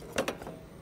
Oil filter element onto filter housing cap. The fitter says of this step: and the new one just snaps on just stretches over the top of this